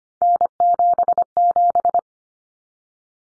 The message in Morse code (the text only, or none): N77